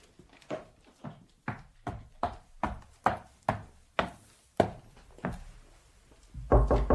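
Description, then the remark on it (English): A heavy trunk is brought down with about a dozen hollow wooden thumps in a steady, bumping rhythm, each knock dying away quickly, ending in a louder scraping rumble. No one speaks. “I presume she's getting down her trunk. Alone? It's heavy.”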